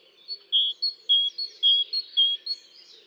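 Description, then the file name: Great tit song: a bright two-note phrase, high then lower, repeated about four times in quick, even succession, clear against a quiet background. "Parus major"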